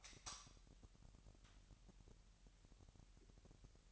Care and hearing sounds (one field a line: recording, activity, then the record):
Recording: daily activity, microphone in the room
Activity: light on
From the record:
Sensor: 3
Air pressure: 1001.9 hPa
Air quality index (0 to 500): 247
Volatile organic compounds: 49 ppm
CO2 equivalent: 3280 ppm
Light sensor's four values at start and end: 6/13/5/5 and 12/33/13/12